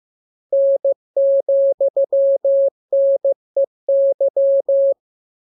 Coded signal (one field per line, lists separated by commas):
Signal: Morse code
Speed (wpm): 15 wpm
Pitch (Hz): 550 Hz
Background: none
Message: N,NEY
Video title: Learning Morse Code. Lesson 21. Letter KMURESNAPTLWI.JZ=FOY,V